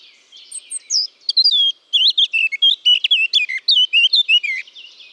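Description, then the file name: Eurasian blackcap song opening with a few high notes, then a rapid, loud sequence of rich fluty warbles. "Sylvia atricapilla"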